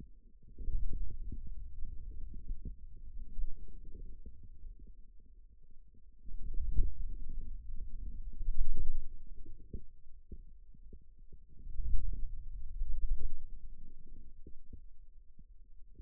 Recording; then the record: forearm muscle sounds (acoustic myography)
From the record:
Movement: wrist flexion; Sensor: system 2, bracelet of six BSWA MPA416 microphones around the upper forearm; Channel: 5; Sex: male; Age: 22 years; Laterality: right